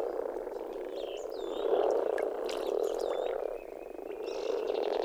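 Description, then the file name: Common frogs in chorus, steady low grumbling croaks that rise in loudness near the middle. "rohukonn"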